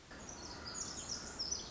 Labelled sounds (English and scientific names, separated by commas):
Pacific Wren (Troglodytes pacificus)